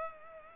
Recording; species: mosquito wingbeat signal from an infrared sensor; Culex pipiens